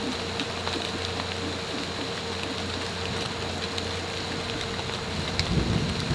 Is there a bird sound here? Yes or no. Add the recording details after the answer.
no. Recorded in pastures near Puerto Asís, Putumayo, Colombia, on 9 March 2025 at 12:00. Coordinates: 0.466, -76.322. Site CSA-02